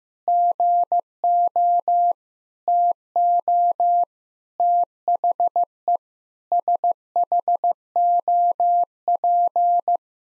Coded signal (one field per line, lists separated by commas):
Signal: Morse code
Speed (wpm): 15 wpm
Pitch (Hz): 700 Hz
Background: none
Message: GO TO THE SHOP